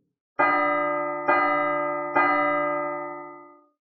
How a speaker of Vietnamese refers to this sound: Hắc Hoàng rống lên, thần chuông màu vàng huyền phù ở trên không trung bảo vệ nó và Diệp Phàm ở bên trong. Tiếng chuông dằn dặc không ngừng vang lên.